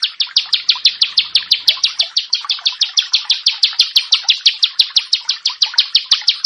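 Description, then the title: Bar-winged prinia song: a fast, steady series of sharp, high, slightly buzzy notes, continuing evenly throughout without pause. "Ciblek Sawah"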